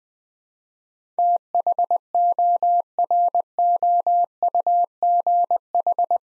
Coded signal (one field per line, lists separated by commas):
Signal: Morse code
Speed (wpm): 20 wpm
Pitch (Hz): 700 Hz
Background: none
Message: THOROUGH